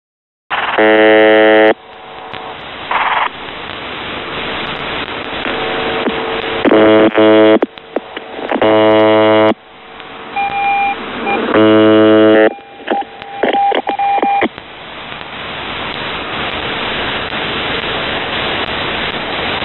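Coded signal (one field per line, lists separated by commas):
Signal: channel marker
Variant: UVB-76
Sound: harsh low buzzes about a second long, repeating every few seconds, under shortwave static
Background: radio static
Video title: The Buzzer/UVB-76(4625Khz) February 14th, 15th, 19th 2022 Voice messages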